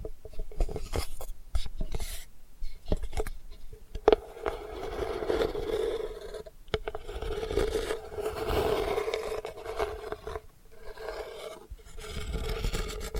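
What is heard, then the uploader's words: Delicate scratching comes in uneven rasping strokes, with a steady mid-pitched scraping tone running through most of it. Short pauses break the texture around the second, fourth, seventh and tenth seconds, and a few sharp clicks stand out, the most prominent near four seconds. ASMR Delicate Scratching for Sleep (No Talking).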